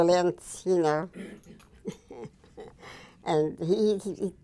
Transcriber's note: she laughs